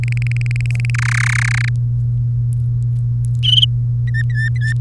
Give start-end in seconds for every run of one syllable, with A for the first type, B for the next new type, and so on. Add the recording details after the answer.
0.04-0.90 A, 0.94-1.69 B, 4.08-4.73 C. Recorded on 3 May 2018 at 12:57. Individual llb3